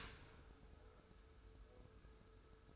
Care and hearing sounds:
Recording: daily activity, microphone in the room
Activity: open dishwasher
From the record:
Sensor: 2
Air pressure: 1014.8 hPa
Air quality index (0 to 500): 25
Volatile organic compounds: 0 ppm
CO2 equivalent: 502 ppm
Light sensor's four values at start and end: 10/23/9/10 and 10/23/9/10

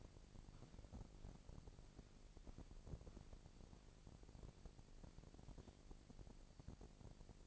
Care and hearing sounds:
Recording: daily activity, microphone in the room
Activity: walk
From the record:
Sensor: 5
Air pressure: 1012.3 hPa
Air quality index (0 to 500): 161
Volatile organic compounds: 2 ppm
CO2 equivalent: 1104 ppm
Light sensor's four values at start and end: 348/842/359/400 and 348/841/358/400

